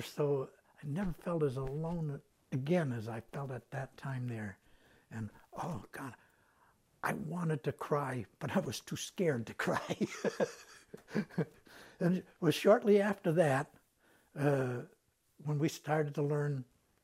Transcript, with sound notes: Never so — I never felt as alone again as I felt at that time there, and oh, God, I wanted to cry, but I was too scared to cry. [Laughs] It was shortly after that when we started to learn